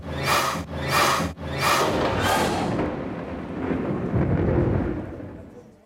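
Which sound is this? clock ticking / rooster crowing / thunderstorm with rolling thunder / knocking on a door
thunderstorm with rolling thunder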